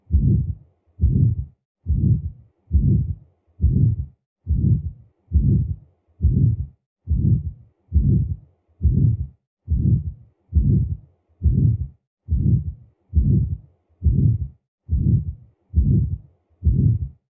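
Aortic stenosis murmur in an adult heart, heard through a stethoscope: a regular series of low-pitched beats, each followed by a murmur.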